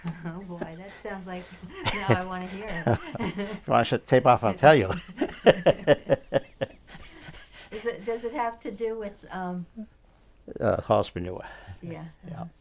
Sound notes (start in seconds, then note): 3.0 laughs; 4.9 both laugh